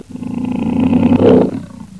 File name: lion